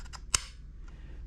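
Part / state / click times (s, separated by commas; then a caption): takedown pin in rifle lower receiver / released / 0.3 s. The front takedown pin of a rifle lower receiver is pulled out until its captive spring detent clicks at the stop. A sharp, bright click is heard at 0.4 s, followed by a faint tick near 0.9 s. The pin is released and sits at its stop.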